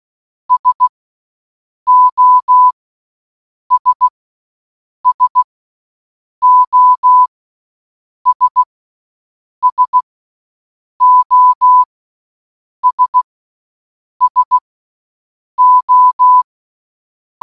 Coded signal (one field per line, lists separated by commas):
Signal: Morse code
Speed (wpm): 16 wpm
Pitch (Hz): 1000 Hz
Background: none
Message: SOS SOS SOS SO